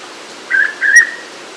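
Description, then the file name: Hooded pitta giving a double whistle, two short level whistled notes close together, with a brief sharp click during the second note. "pitta sordida"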